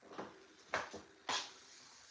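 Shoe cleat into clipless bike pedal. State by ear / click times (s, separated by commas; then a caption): seated / 0.7 s. A rider presses a shoe with its yellow plastic cleat into a spring-loaded clipless pedal on an indoor spin bike. A sharp click at 0.7 s marks the cleat catching in the pedal's spring clip, followed by a brighter, broadband snap near 1.3 s. The cleat is seated and locked in.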